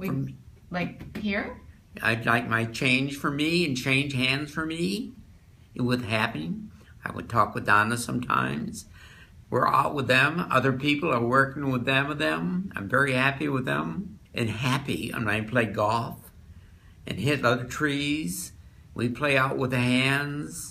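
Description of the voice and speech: An adult man talks fluently in long, easy runs with normal rhythm and intonation, but the phrases make little sense. This is the fluent, nonsensical word salad of Wernicke's (receptive) aphasia: unrelated words are strung together into sentences, and he is unaware that he is speaking gibberish.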